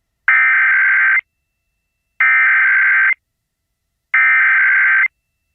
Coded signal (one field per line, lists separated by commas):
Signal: Emergency Alert System (SAME) tones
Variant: header bursts